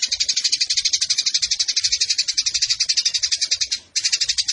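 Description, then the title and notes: Eurasian tree sparrow, a rapid series of sharp, high chirps with one brief drop-out just before the end. Long, clear-voiced fighting chatter ('tarung'), used as master tutor song ('masteran') for training birds for song competitions. "GEREJA TARUNG NEMBAK PANJANG SUARA JERNIH MASTERAN WAJIB BURUNG LOMBA. Burung Gereja"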